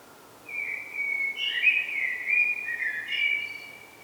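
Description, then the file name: Common blackbird singing one long, fluted, warbling phrase at a mid-high pitch; steady faint background hiss. "Turdus merula"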